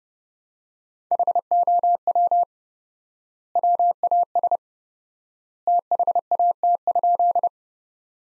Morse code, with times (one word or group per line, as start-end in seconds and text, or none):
1.1-2.4 HOW
3.6-4.6 WAS
5.7-7.5 THAT?